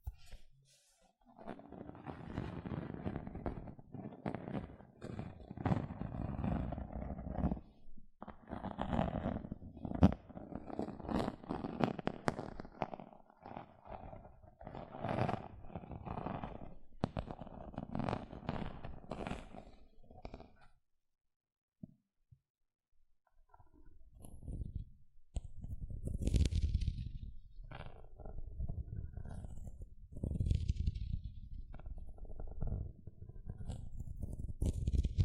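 Gentle scratching runs in dense, uneven strokes from the start, a soft rasping with occasional brighter scrapes. Around the twenty-second mark it stops for a brief near-silence, then resumes with duller, lower scratches in slower bursts until the end.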